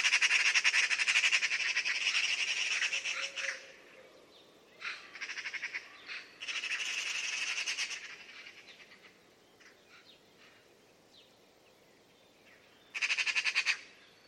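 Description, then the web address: Bird sounding harsh, buzzy rattling bursts, a long one at the start, shorter ones midway and a final loud burst near the end, with faint chirps between. "Deverinetal 2025 File origin Bird Only"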